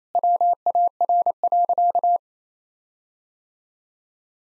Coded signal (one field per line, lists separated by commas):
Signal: Morse code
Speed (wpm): 28 wpm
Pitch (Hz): 700 Hz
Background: none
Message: WAR.